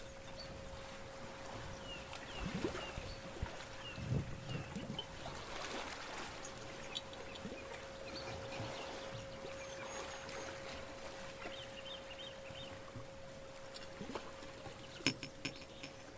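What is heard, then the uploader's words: A day at the beach: steady washing noise and a constant low tone, with scattered bird chirps and sharp knocks or chimes throughout. A day at the beach, with birds, chimes, bells.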